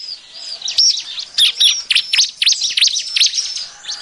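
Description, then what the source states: Bar-winged prinia calling in quick, scratchy high chirps and thin whistled slurs, crowded together with little rhythm and short gaps. Noisy calling, used as a lure to attract birds.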